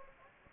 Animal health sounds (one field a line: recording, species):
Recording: mosquito wingbeat signal from an infrared sensor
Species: Anopheles gambiae